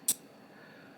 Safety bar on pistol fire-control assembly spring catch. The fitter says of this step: bar up and you hear this click